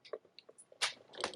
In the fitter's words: There it is. You heard it snap.